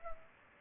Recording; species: mosquito wingbeat signal from an infrared sensor; Culex pipiens